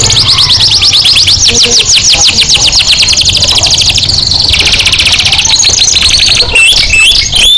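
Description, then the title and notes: Canary song of fast, rolling trills and rapidly repeated high notes, a steadier tone midway, then sharp varied chirps toward the end, over a low hum. Canary song as a master recording (masteran) used as a lure (pancingan) to excite other singing birds. "PANCINGAN SUARA MASTERAN KENARI BIKIN BURUNG MAKIN MENGGILA. masteran kicau kenari"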